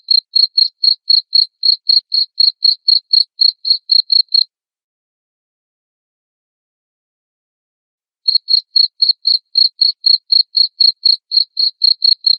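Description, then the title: Cricket chirping in two bursts of steady pulses about four per second, separated by a silent gap of nearly four seconds. Loud cricket chirping played to make lovebirds sing continuously. "Suara JANGKRIK NGERIK Keras Bikin LOVEBIRD Jadi NGEKEK Terus"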